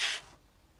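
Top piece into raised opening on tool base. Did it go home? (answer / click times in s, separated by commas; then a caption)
no / none. The top piece of a sewing/cutting tool is handled at the raised opening on the tool's base, making a brief bright, hissy scrape for about a quarter second that fades into near silence. Nothing has seated or clicked into place yet.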